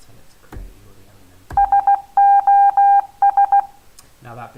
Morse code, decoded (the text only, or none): SOS